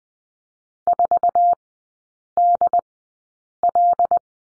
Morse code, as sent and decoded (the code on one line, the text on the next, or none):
....- -.. .-..
4DL